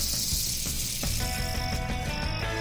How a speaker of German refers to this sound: Boah, schau mal, Daddy, eine Schlange. Darf ich sie anfassen?